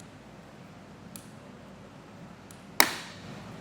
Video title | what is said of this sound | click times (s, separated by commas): etrailer - Installing the Rhino-Rack Vortex Roof Rack on a 2015 Nissan Rogue | And once you hear that click, you know it's torqued down. | 2.8 s